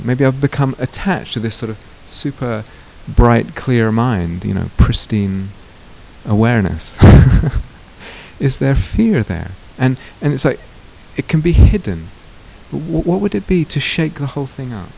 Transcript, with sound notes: Maybe I've become attached to this sort of super bright, clear mind, you know, pristine awareness. [laughs] Is there fear there? It's like, it can be hidden. What would it be to shake the whole thing up?